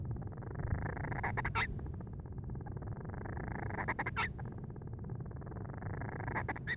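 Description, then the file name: Band-rumped storm petrel, quieter here, repeating rising buzzy churrs that end in sharp squeaky notes, with constant low rumbling beneath. "Band-rumped-Storm-Petrel-Oceanodroma-castro Grants"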